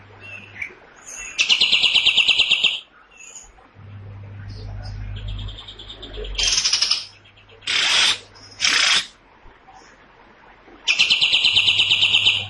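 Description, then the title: Cream-vented bulbul song, loud harsh buzzy rattling bursts, some long and some short, with a low steady hum and faint background noise between them. Loud, harsh, long song bursts ('tembakan panjang'); master recording for training songbirds; bird described as in full song (gacor). "Pikat Masteran Kapas Tembak. Tembakan Panjang Kapas Tembak Gacor Suara Lantang Kasar"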